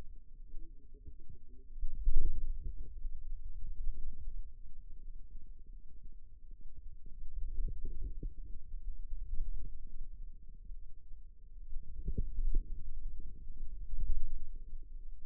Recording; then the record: forearm muscle sounds (acoustic myography)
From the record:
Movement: radial deviation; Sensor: system 2, bracelet of six BSWA MPA416 microphones around the upper forearm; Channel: 6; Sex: female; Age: 22 years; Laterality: right